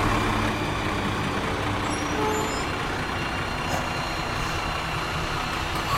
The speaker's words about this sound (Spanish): Cierto es que había pasado mucho tiempo desde la última vez que veía uno, pero no tanto como para olvidar cómo eran. Y aquel camión de la basura no se parecía a ninguno que yo hubiese visto anteriormente a lo largo de mi vida.